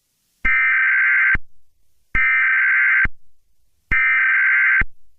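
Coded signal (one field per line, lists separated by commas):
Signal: Emergency Alert System (SAME) tones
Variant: header bursts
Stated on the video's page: Fictional EAS scenario series, simulated alerts.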